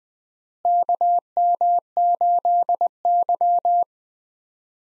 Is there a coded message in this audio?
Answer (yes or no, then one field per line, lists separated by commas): yes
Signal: Morse code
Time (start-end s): 0.7-3.8 s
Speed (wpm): 20 wpm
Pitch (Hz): 700 Hz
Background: none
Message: KM8Y